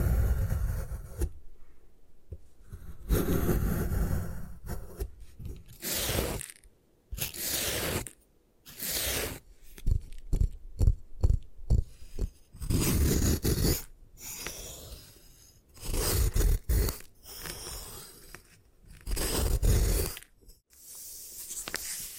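Gym chalk being crushed and scraped in uneven bursts of gritty crunching, with short silent gaps between strokes and louder crumbling spells throughout.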